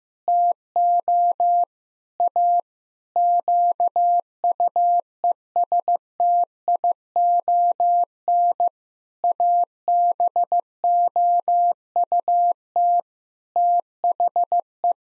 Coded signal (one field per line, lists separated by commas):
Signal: Morse code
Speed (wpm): 16 wpm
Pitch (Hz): 700 Hz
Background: none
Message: TO A QUESTION ABOUT THE